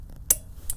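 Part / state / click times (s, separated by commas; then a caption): torque wrench on a wheel lug nut / torque reached / 0.3 s. A torque wrench is pulled again on the same steel wheel lug nut as a double-check and gives one sharp, bright click at 0.3 s when it reaches its setting, confirming the nut is good. A fainter tick follows near 0.7 s over a quiet background.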